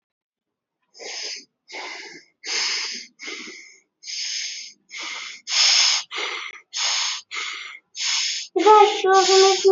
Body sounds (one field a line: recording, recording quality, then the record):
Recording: shallow breathing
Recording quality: excellent, no background noise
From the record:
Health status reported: healthy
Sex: male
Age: 38 years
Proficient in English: yes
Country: India